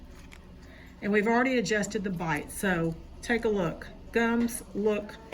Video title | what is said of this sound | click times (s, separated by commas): Houston Cosmetic Dentist...Short, stubby, yellow teeth?...Snap-on Smile will change that affordably! | and it will literally snap into place. | 0.3 s